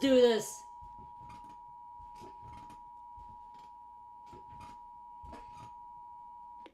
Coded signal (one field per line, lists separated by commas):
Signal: Emergency Alert System (SAME) tones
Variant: 853 and 960 Hz attention tone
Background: speech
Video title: EAS Scenario Reaction PLS JOIN!